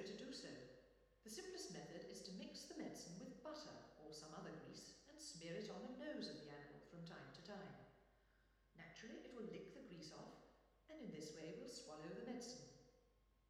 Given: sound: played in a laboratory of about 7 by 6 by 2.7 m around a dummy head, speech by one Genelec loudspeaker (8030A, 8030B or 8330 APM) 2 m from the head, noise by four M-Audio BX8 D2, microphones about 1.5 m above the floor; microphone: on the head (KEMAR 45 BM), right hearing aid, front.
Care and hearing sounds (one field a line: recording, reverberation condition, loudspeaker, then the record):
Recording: female speech in English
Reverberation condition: high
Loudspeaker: 90 degrees to the right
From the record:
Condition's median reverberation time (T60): about 1300 ms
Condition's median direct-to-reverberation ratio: about -4.0 dB